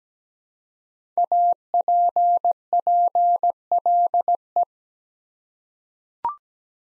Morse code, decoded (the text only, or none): APPLE